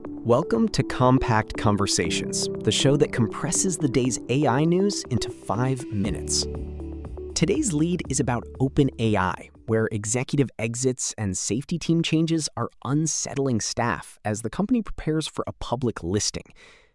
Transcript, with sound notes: Welcome to Compact Conversations, the show that compresses the day’s AI news into 5 minutes.
[thoughtful] Today’s lead is about OpenAI, where executive exits and safety team changes are unsettling staff as the company prepares for a public listing.